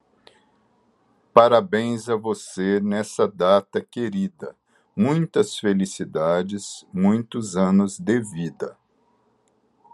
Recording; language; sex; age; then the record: short text; Brazilian Portuguese; male; 60 to 69 years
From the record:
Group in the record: control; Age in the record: 61 years